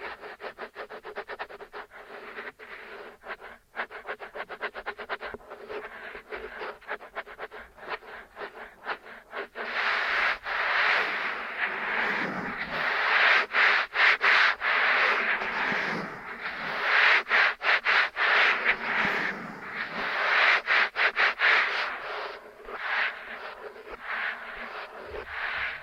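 Ear cleaning and kinetic sand sounds: dense, crackly rubbing and scraping made of many rapid clicks and crunches. The first ten seconds are quieter and more even; after that the texture grows louder and brighter, swelling and easing in uneven waves.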